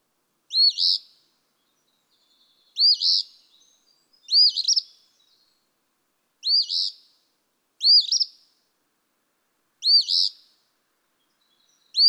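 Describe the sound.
Eastern phoebe repeating its harsh two-part song about every one and a half to two seconds, seven phrases in a row, clean background.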